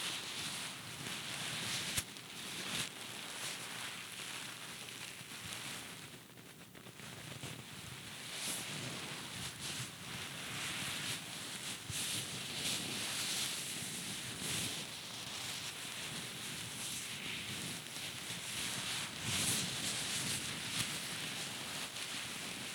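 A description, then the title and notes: A napkin is rubbed and scratched in a dense, steady rasping hiss that runs the whole clip with little pause. Brief sharper crackles poke out now and then, near 2, 8 and 19 seconds, and the sound eases slightly around 6 seconds. Scratchy Sounds of a Napkin.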